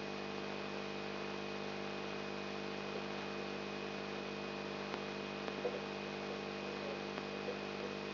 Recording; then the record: brain microelectrode recording played as sound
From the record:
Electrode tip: outside the subthalamic nucleus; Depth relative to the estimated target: -4 mm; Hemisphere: left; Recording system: AlphaMap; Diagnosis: Parkinson's disease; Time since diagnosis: 10 years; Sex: male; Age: 56 years